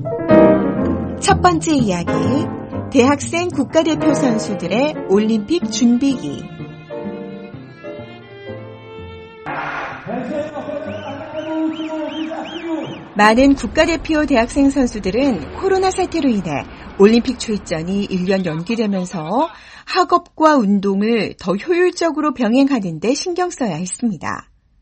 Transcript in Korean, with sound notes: “첫 번째 이야기, 대학생 국가대표 선수들의 올림픽 준비기”
[현장음:대학생 선수들 훈련]
많은 대학생 선수들은 코로나 사태로 인해 올림픽 출전이 1년 연기되면서, 학업과 운동을 더 효율적으로 병행하는 데 신경 써야 했습니다.